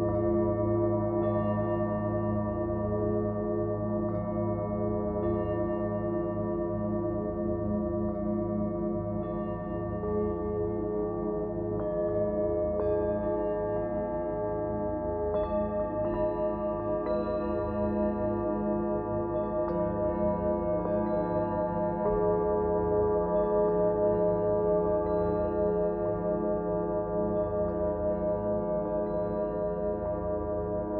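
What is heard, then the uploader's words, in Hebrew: Tibetan singing bowls ring together in a thick, sustained drone, many pure tones layered from deep low hums up to bright upper rings. Their pitches shimmer and beat slowly as the tones overlap, and the level stays steady for the whole half minute with no pauses. קערות טיבטיות.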